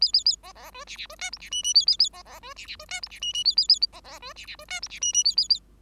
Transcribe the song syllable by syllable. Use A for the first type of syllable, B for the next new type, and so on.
A A A B B C D D C E F D G G A A A B B C D D C E F D G G A A A B B C D D C E F D G G A A A